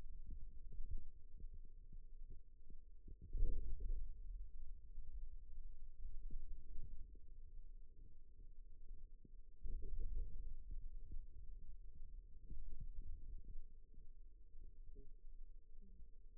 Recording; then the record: forearm muscle sounds (acoustic myography)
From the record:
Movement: radial deviation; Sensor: system 2, bracelet of six BSWA MPA416 microphones around the upper forearm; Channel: 4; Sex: male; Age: 22 years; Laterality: right